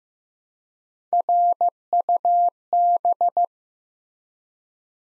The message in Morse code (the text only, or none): RUB